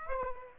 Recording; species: mosquito wingbeat signal from an infrared sensor; Aedes aegypti